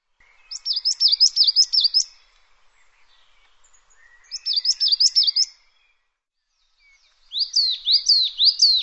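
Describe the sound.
Bird giving high, quick, chirping phrases of repeated notes, two similar bursts followed by a slower series of swooping, falling whistles.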